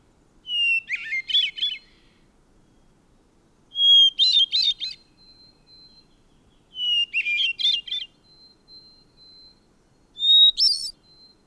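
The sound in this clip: Bird song: short phrases, each opening with a clear whistle and ending in a rapid jangling trill, repeated about every three seconds.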